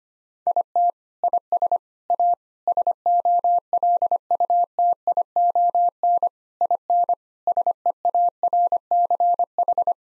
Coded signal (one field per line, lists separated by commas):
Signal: Morse code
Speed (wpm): 25 wpm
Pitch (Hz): 700 Hz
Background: none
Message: IT IS A SOLUTION IN SEARCH